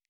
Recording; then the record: hydrophone in a shrimp aquaculture tank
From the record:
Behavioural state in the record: stressed